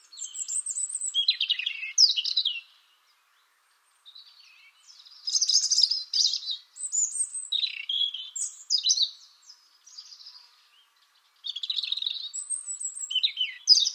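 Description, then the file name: European robin delivering several bursts of high, liquid warbling separated by short silences, with thin whistles and rapid trills mixed into each phrase. "Erithacus rubecula"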